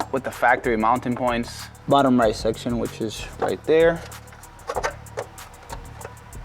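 A carbon fiber engine cover is being lined up with the factory mounting points on the engine, bottom right section, before being pushed down. Someone talks over background music, then a few short taps and knocks come near 4.7, 5.2 and 6.4 seconds. Nothing has seated or clicked yet.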